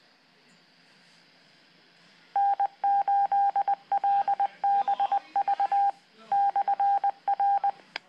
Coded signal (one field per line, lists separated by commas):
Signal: Morse code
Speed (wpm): 20 wpm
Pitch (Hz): 800 Hz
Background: none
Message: N8LBV /R